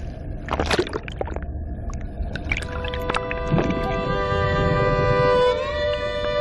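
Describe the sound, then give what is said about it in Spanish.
Water splashes and sloshes in uneven bursts as a woman swims through it, with a steady, humming tonal drone rising beneath the gurgling in the second half. “Ojalá el lenguaje fluyera por los folios como este cuerpo fluye en el agua.”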